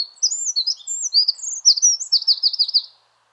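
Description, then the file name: Eurasian wren song: a loud, fast burst of high warbled notes ending in a rapid buzzy trill, about three seconds long, in otherwise quiet surroundings. "Troglodytes troglodytes"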